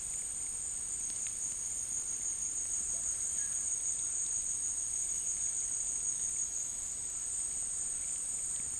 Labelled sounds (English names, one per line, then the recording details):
none
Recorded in dense forest near Puerto Asís, Putumayo, Colombia, on 23 June 2025 at 16:00
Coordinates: 0.503, -76.323
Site G059